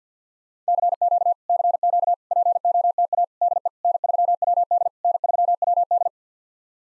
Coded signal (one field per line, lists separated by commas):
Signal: Morse code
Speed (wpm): 50 wpm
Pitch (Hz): 700 Hz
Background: none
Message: CQ CQ POTA DE N3WD N3WD